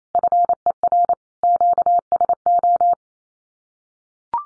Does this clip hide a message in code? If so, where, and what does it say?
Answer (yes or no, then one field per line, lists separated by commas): yes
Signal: Morse code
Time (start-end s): 0.1-2.9 s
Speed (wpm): 28 wpm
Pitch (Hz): 700 Hz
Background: none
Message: FER QSO